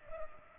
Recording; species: mosquito wingbeat signal from an infrared sensor; Culex pipiens